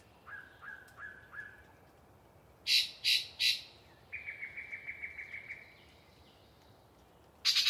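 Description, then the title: Yellow-breasted chat song: four soft repeated whistles, three loud harsh notes, a steady series of about ten quick piping notes, and a final harsh burst. Pre-dawn, a particularly chatty bird giving a long soliloquy from deciduous cover. "A Very Chatty Yellow-breasted Chat"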